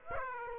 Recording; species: mosquito wingbeat signal from an infrared sensor; Aedes aegypti